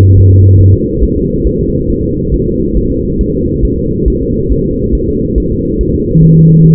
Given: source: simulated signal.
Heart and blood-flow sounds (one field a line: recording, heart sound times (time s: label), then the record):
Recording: fetal heart sounds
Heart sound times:
0.18 s: S1
0.32 s: S2
0.61 s: S1
0.75 s: S2
1.04 s: S1
1.18 s: S2
1.47 s: S1
1.61 s: S2
1.90 s: S1
2.04 s: S2
2.34 s: S1
2.48 s: S2
2.77 s: S1
2.92 s: S2
3.21 s: S1
3.35 s: S2
3.65 s: S1
3.79 s: S2
4.08 s: S1
4.22 s: S2
4.52 s: S1
4.66 s: S2
4.95 s: S1
5.09 s: S2
5.38 s: S1
5.52 s: S2
5.81 s: S1
5.95 s: S2
6.23 s: S1
6.38 s: S2
6.66 s: S1
From the record:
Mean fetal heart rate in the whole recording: 140 bpm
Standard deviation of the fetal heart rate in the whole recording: 2 bpm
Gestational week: 34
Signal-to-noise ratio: -14.7 dB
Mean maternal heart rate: 72 bpm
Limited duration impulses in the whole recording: present